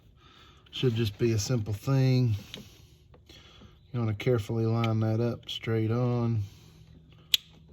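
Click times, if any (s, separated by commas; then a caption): 7.3 s. Someone talks while a glow plug and valve cover wiring harness connector is lined up straight and pushed onto the valve cover gasket pass-through connector on a 7.3 Power Stroke diesel engine, during glow plug and valve cover gasket replacement and wiring harness repair. A sharp, loud snap at 7.3 s confirms the connector has seated.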